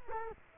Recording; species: mosquito wingbeat signal from an infrared sensor; Culex quinquefasciatus